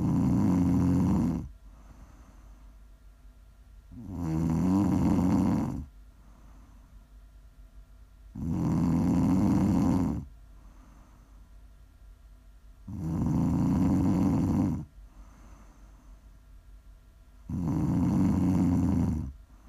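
ASMR snoring from a sleeping adult: loud, rough inspiratory snores, about 14 a minute in a steady rhythm, with quiet exhalations between.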